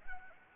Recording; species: mosquito wingbeat signal from an infrared sensor; Anopheles arabiensis